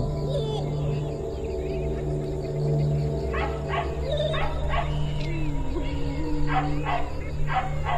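Dog barking in short bursts, a few sharp barks in the second half, with a sliding whine-like tone and a steady low hum underneath.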